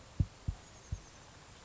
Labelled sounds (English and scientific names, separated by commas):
Oak Titmouse (Baeolophus inornatus)